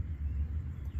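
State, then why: Not seated. A wiring harness connector is handled at the passenger-side ignition coil of a 2006 Dodge Dakota 4.7L 4WD Quad Cab during a spark plug change. Only a steady low rumble is heard for about a second, with no distinct snap. Nothing has seated or clicked yet.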